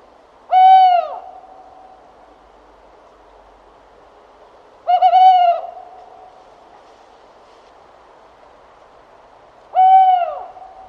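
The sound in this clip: Tawny owl hooting: three short, even hoots spaced about four to five seconds apart.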